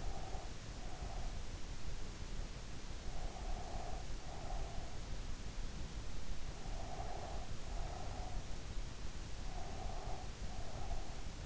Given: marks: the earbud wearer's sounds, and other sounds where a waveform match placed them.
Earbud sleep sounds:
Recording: sounds in sleep by an in-ear microphone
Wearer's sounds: breath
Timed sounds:
0.00-1.35 s: breath
3.11-4.87 s: breath
6.59-8.50 s: breath
9.47-11.46 s: breath

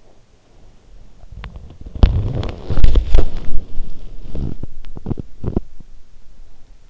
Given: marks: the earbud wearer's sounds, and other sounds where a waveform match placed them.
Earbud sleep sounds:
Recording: sounds in sleep by an in-ear microphone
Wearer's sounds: body movement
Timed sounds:
0.00-6.77 s: body movement

